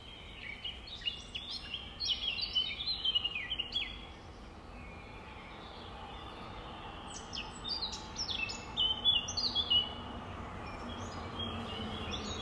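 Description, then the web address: Nightingale song: varied, rapid phrases of high chirps, whistles and short trills, coming in bursts with brief pauses, over a steady low background hum. 5 May 2020, about 05:32. "2020 05 06 nightingales. 20200505-053220"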